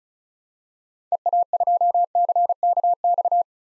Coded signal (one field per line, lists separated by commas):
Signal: Morse code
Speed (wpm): 34 wpm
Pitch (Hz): 700 Hz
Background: none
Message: EA2CKX